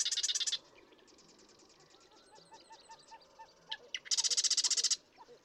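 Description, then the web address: Marsh Wren rattling songs, one ending and another starting after a softer ticking trill. "birdsongforthecurious Marsh Wren"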